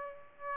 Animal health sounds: mosquito wingbeat signal from an infrared sensor; Aedes aegypti

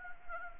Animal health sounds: mosquito wingbeat signal from an infrared sensor; Anopheles arabiensis

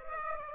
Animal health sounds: mosquito wingbeat signal from an infrared sensor; Aedes aegypti

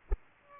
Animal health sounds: mosquito wingbeat signal from an infrared sensor; Culex pipiens

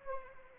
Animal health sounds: mosquito wingbeat signal from an infrared sensor; Anopheles arabiensis

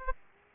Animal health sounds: mosquito wingbeat signal from an infrared sensor; Aedes aegypti

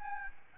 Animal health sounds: mosquito wingbeat signal from an infrared sensor; Aedes albopictus

